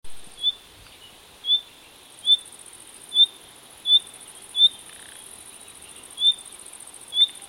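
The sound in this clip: Common nightingale calls: several short, clear high notes repeated at irregular intervals, over a steady high-pitched hiss.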